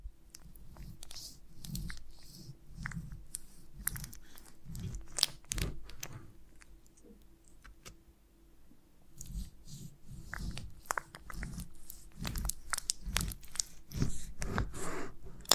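Someone bites and chews honeycomb in steady rounds of crunching, with sharp bright clicks and crackles over soft, low, wet mouth sounds. The chewing pauses briefly around seconds six to nine, then resumes more densely with louder snaps toward the end.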